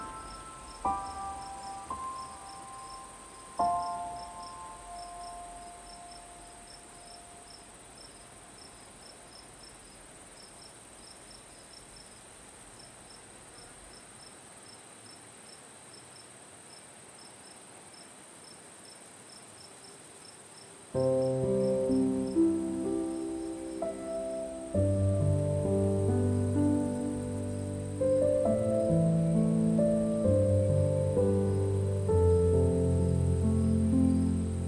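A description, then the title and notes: Crickets chirp in a soft, steady, high pulse throughout. Quiet piano notes sound near the start, then fade; around 21 seconds the piano returns much louder and fuller, with low chords and a moving melody continuing to the end. Relaxing Sleep Music and Night Nature Sounds_ Soft Crickets, Beautiful Piano.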